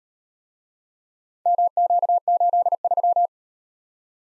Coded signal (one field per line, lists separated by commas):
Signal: Morse code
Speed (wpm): 37 wpm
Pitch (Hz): 700 Hz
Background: none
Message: MQ83